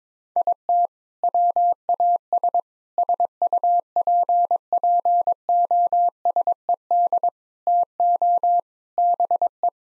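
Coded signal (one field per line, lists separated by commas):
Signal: Morse code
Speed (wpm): 21 wpm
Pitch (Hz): 700 Hz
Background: none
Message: IT WAS SUPPOSED TO BE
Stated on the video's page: Morse practice at 22 wpm of sentences with common four-word phrases for head-copy, each sent, spoken, then sent again.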